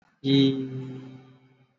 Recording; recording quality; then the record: sustained vowel as in beet; excellent, no background noise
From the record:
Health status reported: exposed to COVID-19, no respiratory illness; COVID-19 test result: not tested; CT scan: not taken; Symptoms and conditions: none ticked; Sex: male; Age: 63 years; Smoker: no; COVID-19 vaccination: both doses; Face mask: worn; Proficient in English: yes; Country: India